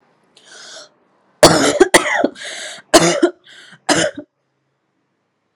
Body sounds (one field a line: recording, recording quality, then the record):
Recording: heavy voluntary cough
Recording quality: excellent, no background noise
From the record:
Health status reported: COVID-19 positive, mild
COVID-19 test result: positive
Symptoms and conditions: cough, fatigue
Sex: female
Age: 38 years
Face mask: not worn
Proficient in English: yes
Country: India